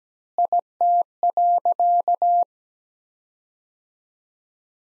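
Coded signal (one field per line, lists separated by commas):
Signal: Morse code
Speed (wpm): 17 wpm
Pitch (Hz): 700 Hz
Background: none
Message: IT.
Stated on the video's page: Morse practice of sentences from the top 400 words at 17 wpm with 3x word spacing, a word-based Farnsworth-like method.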